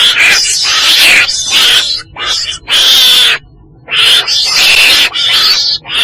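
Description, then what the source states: Weasel screeching in harsh, hissy bursts about a second long, broken by short gaps, loud and noisy throughout. Black weasel (chồn đen) calling.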